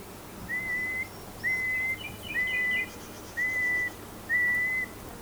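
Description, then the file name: Common nightingale whistles: five long, pure, level notes, each about half a second, repeated roughly once per second, with a faint twittering between them. "Luscinia megarhynchos"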